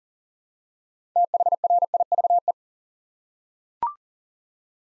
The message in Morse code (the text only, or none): THRIVE